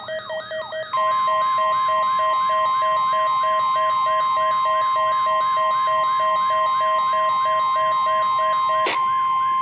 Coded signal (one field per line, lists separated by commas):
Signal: Emergency Alert System (SAME) tones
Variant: 1050 Hz attention tone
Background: music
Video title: WEENIE WATCH (EAS #98)